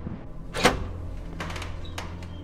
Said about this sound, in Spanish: Silenciosamente introduce la llave en la cerradura, abre la puerta de cristal y el fresco de la noche le pega en la cara.